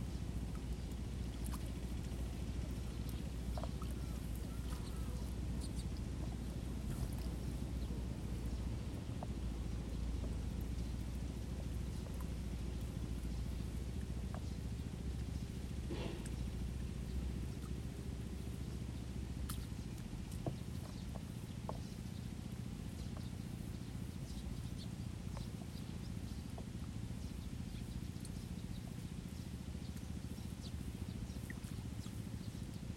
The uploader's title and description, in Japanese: 水苗代でイネの苗取り。田んぼの水面の音、賑やかに鳴き続けるスズメ、時折聞こえるカエルの声。